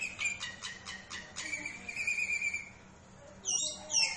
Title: Kacer Langsung Tarung Konslet KACER NGOTOT FULL TEMBAKAN. Dua Kacer Berbeda Karakter